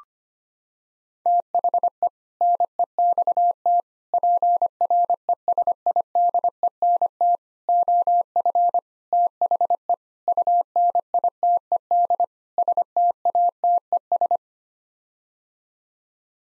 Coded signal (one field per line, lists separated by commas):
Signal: Morse code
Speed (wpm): 25 wpm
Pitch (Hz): 700 Hz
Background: none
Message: THE NEXT PRESIDENT OF THE UNITED STATES